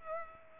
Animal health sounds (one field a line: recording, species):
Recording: mosquito wingbeat signal from an infrared sensor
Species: Culex pipiens